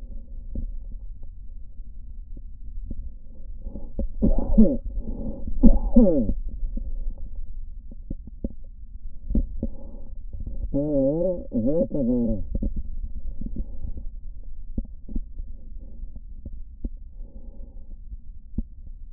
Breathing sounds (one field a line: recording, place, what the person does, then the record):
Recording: lung sounds by stethoscope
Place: left posterior basal chest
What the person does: quiet breathing, then cough and speech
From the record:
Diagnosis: interstitial lung disease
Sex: male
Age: 66 years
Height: 164 cm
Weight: 76.2 kg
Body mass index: 28.3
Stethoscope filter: diaphragm mode